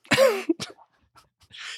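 A single loud, voiced cough burst from an adult man, followed by a brief second expulsion and a soft breath.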